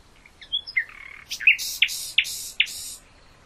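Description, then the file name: Common nightingale: brief song phrase of varied chirps, then a few sharp, spaced notes with breathy bursts, about one every third of a second. "nachtigall"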